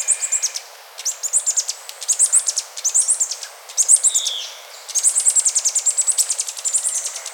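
Bird calls, very high thin chirps in rapid bursts, pausing briefly, then a longer trilling run near the end.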